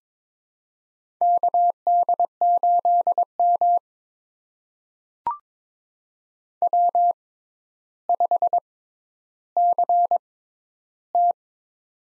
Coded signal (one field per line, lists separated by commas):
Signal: Morse code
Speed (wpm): 22 wpm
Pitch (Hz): 700 Hz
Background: none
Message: KD8M W5CT